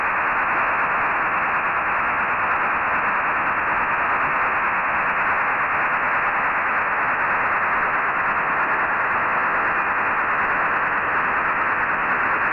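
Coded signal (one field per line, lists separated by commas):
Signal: HF data modem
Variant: STANAG 4285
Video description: decode a French Navy Stanag 4285 Signal. This just seems to be a test signal, sending the French equivalent to the quick brown fox.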